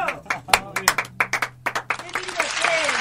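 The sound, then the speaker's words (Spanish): Scattered, uneven hand claps quickly build into a fuller burst of spontaneous applause, with voices audible underneath, after a band plays a song live for the first time. “Mira, un aplauso.”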